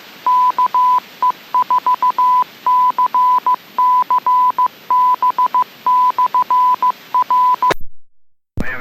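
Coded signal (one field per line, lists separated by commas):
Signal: Morse code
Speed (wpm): 15 wpm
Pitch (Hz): 1000 Hz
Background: none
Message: KE4CCB/R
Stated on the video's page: Weekly amateur radio club net on a 442.200 MHz repeater with a 100 Hz tone.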